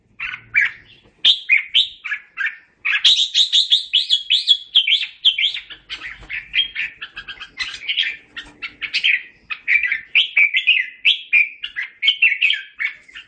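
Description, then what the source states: Red-whiskered bulbul singing a busy stream of bright, bubbling whistled notes and chirps, almost continuous with brief pauses. Singing and calling to the flock.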